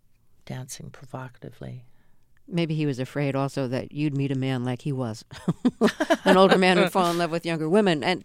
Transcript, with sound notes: dancing provocatively.
Maybe he was afraid, also, that you'd meet a man like he was.
(LAUGHTER)
An older man who would fall in love with younger women,